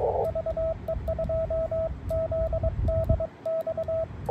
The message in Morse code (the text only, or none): VE2ZDX